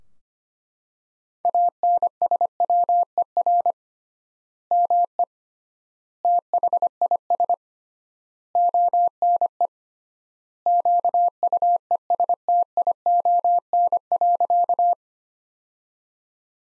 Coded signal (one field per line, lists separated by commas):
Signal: Morse code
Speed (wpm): 25 wpm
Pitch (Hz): 700 Hz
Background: none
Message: ANSWER ME THIS ONE QUESTION.